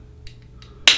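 A lens is slid back into the frame of a pair of Smith Pivlock prescription sunglasses after the prescription insert has been fitted. A few faint ticks come at about 0.3, 0.4 and 0.6 seconds, then a sharp, loud click at 0.9 seconds as the lens seats in the frame.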